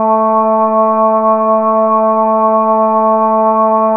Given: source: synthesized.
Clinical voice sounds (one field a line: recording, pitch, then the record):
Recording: sustained vowel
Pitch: 220 Hz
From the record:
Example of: Parkinson's disease, light to moderate (G3)